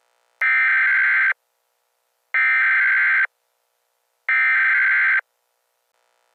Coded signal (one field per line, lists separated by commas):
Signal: Emergency Alert System (SAME) tones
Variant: header bursts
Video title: RMT's and RWT's (EAS 74-80)